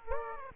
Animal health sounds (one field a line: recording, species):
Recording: mosquito wingbeat signal from an infrared sensor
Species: Aedes aegypti